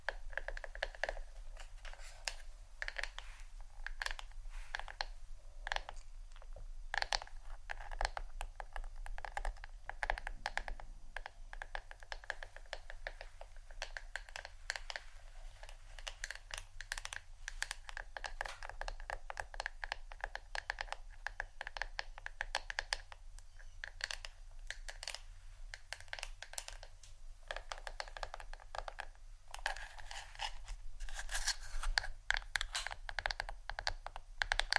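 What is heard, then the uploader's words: A brush and comb drawn through hair, making dense, continuous scratchy strokes with a bright, crackly texture. The strokes come rapidly and irregularly for the whole half minute, a few sharper ones standing out. A steady low hum runs underneath throughout. ASMR Hair Brush & Comb Sounds （No Talking）.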